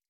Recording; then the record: hydrophone in a shrimp aquaculture tank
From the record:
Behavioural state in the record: stressed